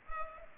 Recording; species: mosquito wingbeat signal from an infrared sensor; Culex pipiens